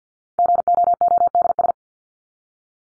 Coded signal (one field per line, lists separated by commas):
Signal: Morse code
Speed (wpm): 50 wpm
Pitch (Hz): 700 Hz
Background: none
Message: GOODS